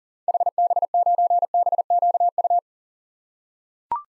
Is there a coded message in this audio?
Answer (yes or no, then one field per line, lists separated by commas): yes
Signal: Morse code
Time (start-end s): 0.3-2.6 s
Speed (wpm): 40 wpm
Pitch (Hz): 700 Hz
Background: none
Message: HB9BQU